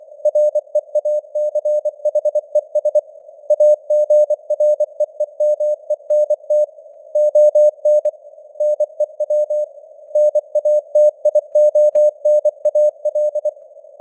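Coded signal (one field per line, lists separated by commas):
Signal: Morse code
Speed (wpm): 24 wpm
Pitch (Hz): 600 Hz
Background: none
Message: REACHES AGREEMENT ON NEW NATIONAL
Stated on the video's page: News headlines sent in Morse at 24 wpm with simulated radio noise and varying signal strength (QSB).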